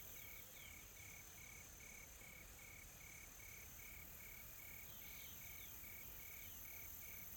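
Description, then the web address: Insects, a high drone with a rapidly repeated pulsing tone, roughly two or three beats per second. Calm, soft insect ambience in a tropical forest in South Africa. "Smart Sound FX - Nature South Africa AMBIENCE Additional Tropical Forest Soft Insects Calm"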